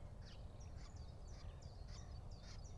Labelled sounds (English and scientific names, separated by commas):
Common Chiffchaff (Phylloscopus collybita)